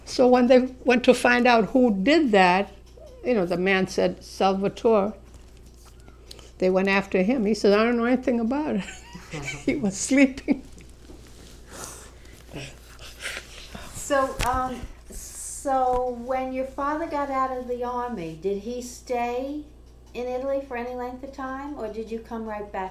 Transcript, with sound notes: So when they went to find out who did that, you know, the man said, "Salvatore." They went after him. He said, "I don't know anything about it." ( she laughs ) He was sleeping.
So when your father got out of the Army, did he stay in Italy for any length of time, or did you come right back here?